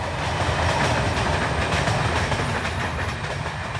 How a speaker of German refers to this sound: Hinter dem Wald rattert ein Zug in Richtung Norden vorbei. Die Züge fahren auch nach Gödöllő.